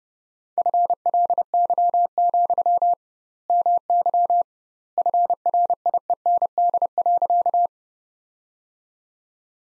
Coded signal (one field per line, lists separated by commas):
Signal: Morse code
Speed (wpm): 32 wpm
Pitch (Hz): 700 Hz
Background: none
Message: FLY, MY FRIEND.